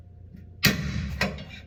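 During a trailer hitch receiver installation on a 2013 Ford F-150 XL, a steel hitch bolt with its washer is pushed into the pickup's frame on the left side of the washer with a little force and leverage. After a quiet stretch, a sharp metallic pop at 0.7 s marks the bolt seating in place, followed by a second, shorter knock at 1.2 s. The bolt and washer are seated exactly as intended.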